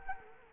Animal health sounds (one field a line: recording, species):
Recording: mosquito wingbeat signal from an infrared sensor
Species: Culex quinquefasciatus